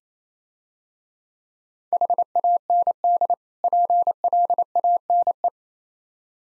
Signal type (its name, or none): Morse code